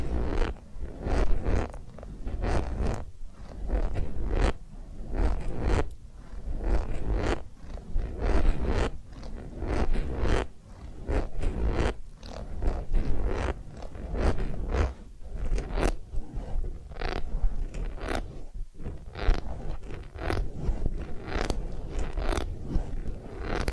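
Massage and ear-cleaning sounds: a continuous run of soft scratching, rubbing and crinkly scraping strokes, several per second, with bright crisp edges. The texture stays dense and fairly even throughout, with occasional sharper strokes and a low rumble underneath.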